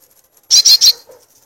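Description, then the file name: Violaceous euphonia: three harsh, buzzy high notes given in rapid succession, each clipped and rasping. "canto do gaturamo verdadeiro"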